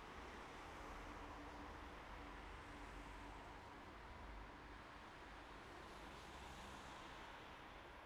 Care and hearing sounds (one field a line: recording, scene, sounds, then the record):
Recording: everyday scene through a hearing-aid microphone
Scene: in traffic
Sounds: traffic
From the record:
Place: bus stop on a city main road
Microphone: behind the ear, right, rear